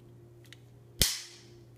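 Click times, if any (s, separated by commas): 1.0 s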